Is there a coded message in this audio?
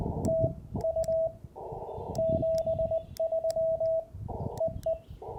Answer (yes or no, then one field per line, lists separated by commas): yes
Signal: Morse code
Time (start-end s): 0.3-4.9 s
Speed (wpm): 20 wpm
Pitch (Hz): 650 Hz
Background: radio noise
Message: TU 73 EE